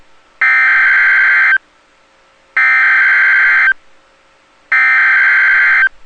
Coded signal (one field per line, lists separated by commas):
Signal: Emergency Alert System (SAME) tones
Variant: header bursts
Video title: Double Header with Ketchup EAS Archive from 5-30-22 EAS #282-283